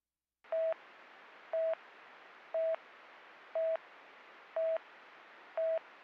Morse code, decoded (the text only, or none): none